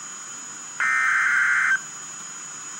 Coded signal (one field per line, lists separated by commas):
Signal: Emergency Alert System (SAME) tones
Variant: header bursts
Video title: Double header REAL EAS 738/739-See discription